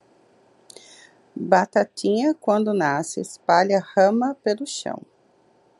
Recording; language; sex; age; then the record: short text; Brazilian Portuguese; female; 40 to 49 years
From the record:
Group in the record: control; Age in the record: 43 years